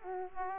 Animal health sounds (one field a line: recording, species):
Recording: mosquito wingbeat signal from an infrared sensor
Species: Aedes aegypti